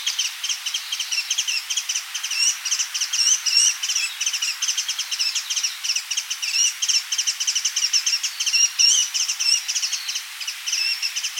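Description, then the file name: Asian brown flycatcher giving quick, high, squeaky chirps that keep going throughout. "Muscicapa dauurica"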